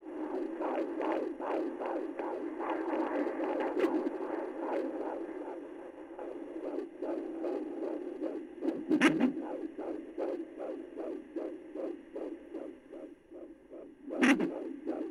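Fast, steady whooshing pulses near 150 a minute: a fetal heartbeat at 18 weeks of pregnancy, picked up by Doppler ultrasound.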